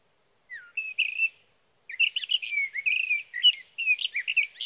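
Sage thrasher song, a quick run of warbled, slurred notes after an opening downslurred whistle, nearly continuous with brief pauses.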